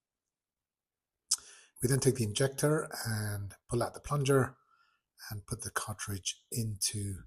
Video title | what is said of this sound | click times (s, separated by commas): Staar’s new ICL injector #thumbsup | close those leaflets and you should hear a click sound as we do that. | 1.3 s